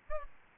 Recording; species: mosquito wingbeat signal from an infrared sensor; Aedes albopictus